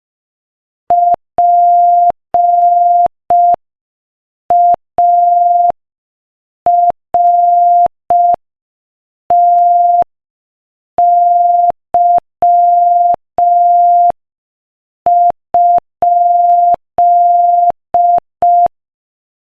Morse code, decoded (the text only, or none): PARTY?